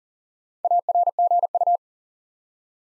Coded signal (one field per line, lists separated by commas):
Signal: Morse code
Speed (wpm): 38 wpm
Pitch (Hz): 700 Hz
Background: none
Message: ARGU